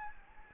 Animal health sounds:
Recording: mosquito wingbeat signal from an infrared sensor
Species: Anopheles gambiae

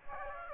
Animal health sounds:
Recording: mosquito wingbeat signal from an infrared sensor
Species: Aedes aegypti

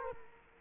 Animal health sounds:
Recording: mosquito wingbeat signal from an infrared sensor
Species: Culex quinquefasciatus

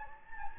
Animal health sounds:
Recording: mosquito wingbeat signal from an infrared sensor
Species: Anopheles gambiae

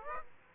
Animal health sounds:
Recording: mosquito wingbeat signal from an infrared sensor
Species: Aedes aegypti

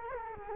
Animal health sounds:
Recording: mosquito wingbeat signal from an infrared sensor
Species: Culex quinquefasciatus

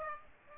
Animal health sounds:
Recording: mosquito wingbeat signal from an infrared sensor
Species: Aedes aegypti

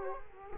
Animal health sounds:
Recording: mosquito wingbeat signal from an infrared sensor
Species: Culex quinquefasciatus

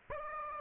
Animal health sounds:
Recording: mosquito wingbeat signal from an infrared sensor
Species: Aedes aegypti

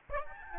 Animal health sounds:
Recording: mosquito wingbeat signal from an infrared sensor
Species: Aedes albopictus

